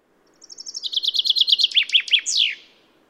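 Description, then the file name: Common chaffinch song: a rattling series of sharp notes that steps down in pitch and slows down, ending in a quick, slurred, downward flourish. "Fringilla coelebs"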